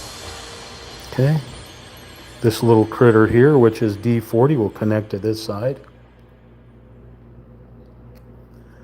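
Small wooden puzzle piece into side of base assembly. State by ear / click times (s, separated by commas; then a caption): not seated / none. Small wooden puzzle piece D40 is handled next to the side of the base assembly it will connect to, while someone talks for most of the clip before it goes quiet with a low steady background hum. Nothing has seated or clicked yet.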